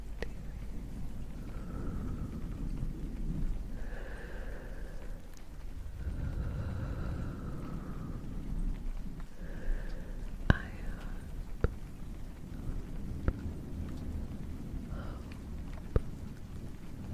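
Gentle, slow sounds: a steady low rumble runs throughout, with soft drawn-out tones rising and fading every couple of seconds in the first half and again near 15 seconds. A few sharp clicks break through after the ten-second mark.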